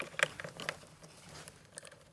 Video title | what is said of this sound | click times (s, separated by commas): Watch Me Easily Install a Hidden Dash Cam in My Porsche! | Reattach the rear view mirror by turning it clockwise until it snaps into place. | 0.2 s